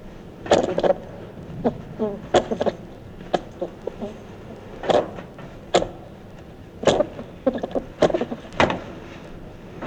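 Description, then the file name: Edible dormouse calls: sharp clicking chatters and brief squeaky notes in scattered bursts, with quiet hiss between. Wild animal in Europe. "Siebenschlaefer Geraeusche Wildtiere in Europa"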